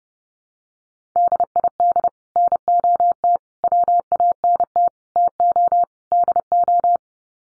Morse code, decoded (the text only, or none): DID NOT WANT TO DO